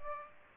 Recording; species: mosquito wingbeat signal from an infrared sensor; Aedes aegypti